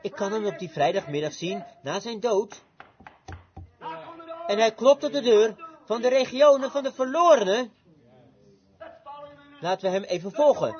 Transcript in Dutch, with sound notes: Ik kan Hem op die vrijdagmiddag zien, na Zijn dood [Broeder Branham klopt – Vert] en Hij klopt op de deur van de regionen van de verlorenen. Laten wij Hem even volgen.